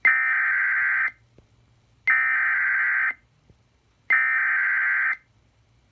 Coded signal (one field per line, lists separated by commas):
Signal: Emergency Alert System (SAME) tones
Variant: header bursts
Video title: MO SVR (5/16/21) EAS 245